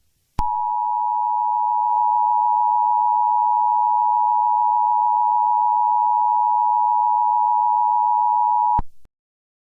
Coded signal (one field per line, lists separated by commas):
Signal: Emergency Alert System (SAME) tones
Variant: 853 and 960 Hz attention tone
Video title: EAS Scenario #1: Alien Invasion